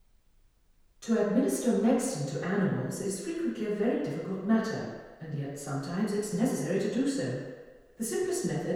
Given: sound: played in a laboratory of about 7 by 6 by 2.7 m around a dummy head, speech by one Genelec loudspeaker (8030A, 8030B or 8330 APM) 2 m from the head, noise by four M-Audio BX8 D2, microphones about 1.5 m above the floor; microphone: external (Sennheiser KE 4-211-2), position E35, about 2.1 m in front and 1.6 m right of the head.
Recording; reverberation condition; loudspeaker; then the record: female speech in English; high; 120 degrees to the left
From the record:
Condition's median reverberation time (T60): about 1300 ms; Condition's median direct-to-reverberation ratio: about -4.0 dB